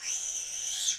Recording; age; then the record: pig call; piglet (1 to 25 days)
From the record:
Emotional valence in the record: negative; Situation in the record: crushing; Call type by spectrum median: high-frequency call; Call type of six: mixed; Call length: 0.99 s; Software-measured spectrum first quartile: 3805 Hz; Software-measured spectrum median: 5754 Hz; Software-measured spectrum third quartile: 6406 Hz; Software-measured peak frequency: 6236 Hz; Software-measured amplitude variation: 115 dB a second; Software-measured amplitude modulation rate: 23.7 a second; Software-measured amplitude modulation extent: 4.8 dB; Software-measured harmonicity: 5.7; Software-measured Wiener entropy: -2.51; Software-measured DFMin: 758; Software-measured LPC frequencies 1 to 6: 849, 1738, 2525, 3232, 3569, 6192 Hz